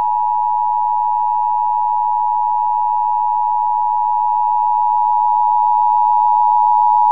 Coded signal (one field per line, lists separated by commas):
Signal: Emergency Alert System (SAME) tones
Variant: 853 and 960 Hz attention tone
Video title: National EAS Test Roundup 10/4/2023 - Fargo/Moorhead + Minneapolis/St. Paul